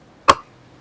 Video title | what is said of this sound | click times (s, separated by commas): TH - รีวิว V-STROM 1050DE Grand Touring Set #140525 ( SH58X + SH38X + PANTHER + CHIGEE + DENALI ) | นี่ฮะอ่าเมื่อทุกอย่างเข้าที่เข้าล็อคของเค้าแล้วเนี่ยเรากดสลักตัวนี้ลง | 0.3 s